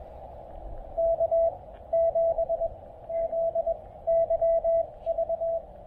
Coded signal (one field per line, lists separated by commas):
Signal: Morse code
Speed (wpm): 21 wpm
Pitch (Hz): 660 Hz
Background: radio noise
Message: K7ZYV